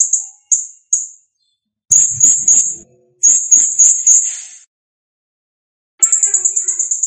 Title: Masteran Burung Serindit Masteran Serindit Gacor Jernih